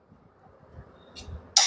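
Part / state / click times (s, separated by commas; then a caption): locking clip into concealed drawer slide / seated / 1.6 s. An attachment clip is pushed into place on a concealed Quadro drawer slide channel and locks there with a loud, sharp single click at 1.6 s, after quieter handling rustles and a faint tone around 1.2 s. The clip is seated.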